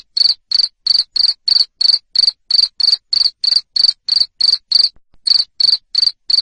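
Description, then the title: Cricket chirping, loud pulsed trills of high tone repeated about three times a second, with one brief pause near the end. Loud cricket chirping (ngerik) to stimulate lovebirds into continuous singing (ngekek). "Suara JANGKRIK NGERIK Keras Bikin LOVEBIRD Jadi NGEKEK Terus Vubey"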